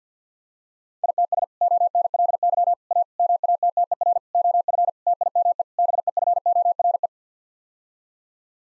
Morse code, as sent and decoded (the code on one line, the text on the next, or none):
.. - ... / --- -. .-.. -.-- / .- / -- .- - - . .-. / --- ..-. / - .. -- . / -... . ..-. --- .-. .
ITS ONLY A MATTER OF TIME BEFORE